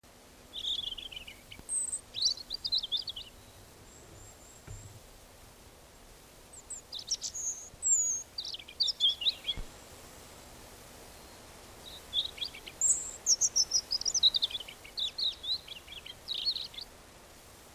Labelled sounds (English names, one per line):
European Robin song